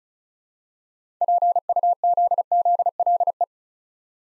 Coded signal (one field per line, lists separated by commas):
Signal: Morse code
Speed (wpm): 36 wpm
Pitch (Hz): 700 Hz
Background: none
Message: PUZZLE